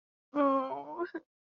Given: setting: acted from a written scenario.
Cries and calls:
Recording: vocal sound without words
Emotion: guilt

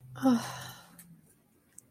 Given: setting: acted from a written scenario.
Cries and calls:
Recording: vocal sound without words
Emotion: embarrassment

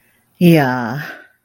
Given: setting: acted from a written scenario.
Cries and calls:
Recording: vocal sound without words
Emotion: serenity

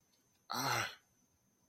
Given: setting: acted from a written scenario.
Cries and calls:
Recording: vocal sound without words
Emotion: distress

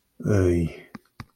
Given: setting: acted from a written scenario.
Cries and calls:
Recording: vocal sound without words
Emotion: disappointment

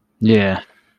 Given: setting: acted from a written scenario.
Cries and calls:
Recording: vocal sound without words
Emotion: contempt

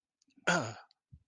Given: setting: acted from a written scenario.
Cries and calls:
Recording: vocal sound without words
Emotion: negative surprise

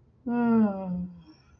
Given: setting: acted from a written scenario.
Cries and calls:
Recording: vocal sound without words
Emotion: relief

